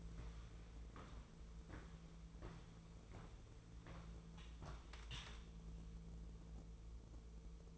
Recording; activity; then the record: daily activity, microphone in the room; walk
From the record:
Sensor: 1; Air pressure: 1005.5 hPa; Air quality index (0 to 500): 122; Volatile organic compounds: 5 ppm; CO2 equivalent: 1711 ppm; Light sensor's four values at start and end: 11/27/11/12 and 10/23/9/10